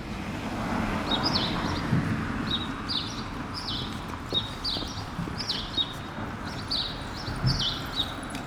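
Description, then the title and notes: Sparrow chirping, short bright chirps in loose clusters throughout, over steady low traffic rumble with a few soft knocks. Sparrows on Rue Keyenveld, Ixelles, Brussels-Capital, Belgium, a street with cars and people passing by; recorded with a Lom Usi Pro AB microphone pair into a Zoom F6. "Rue Keyenveld, Ixelles, Bruxelles-Capitale, Belgique - Sparrows - moineaux. cars, people passing by"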